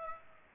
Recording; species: mosquito wingbeat signal from an infrared sensor; Aedes aegypti